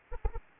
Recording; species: mosquito wingbeat signal from an infrared sensor; Anopheles arabiensis